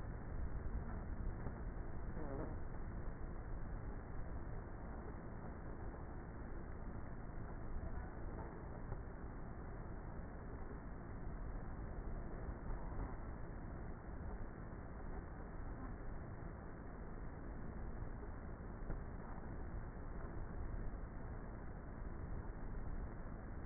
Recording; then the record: honeybee colony, microphone inside the hive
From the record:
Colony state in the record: queenless with a low population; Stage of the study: before two queens were removed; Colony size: about 30,000 bees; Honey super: no